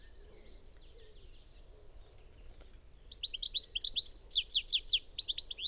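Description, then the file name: European goldfinch sounds, opening with a fast buzzy trill and a steady tone, then lively tinkling twitters in a quick jumbled series. "Carduelis carduelis"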